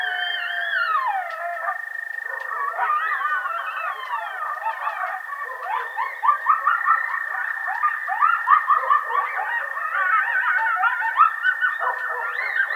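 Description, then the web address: Coyotes in a group chorus: a long falling howl opens, then a dense tangle of warbling yips and short rising-falling cries runs to the end. Coyote howling, recorded 30 March 2007. "Coyote 2007 03 30 01 howl"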